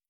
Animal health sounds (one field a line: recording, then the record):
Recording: hydrophone in a shrimp aquaculture tank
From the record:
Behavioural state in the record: starved